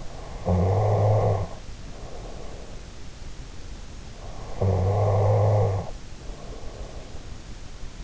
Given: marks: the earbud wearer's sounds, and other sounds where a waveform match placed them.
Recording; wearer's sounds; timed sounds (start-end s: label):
sounds in sleep by an in-ear microphone; snoring breath
0.00-2.78 s: snoring breath
4.39-6.95 s: snoring breath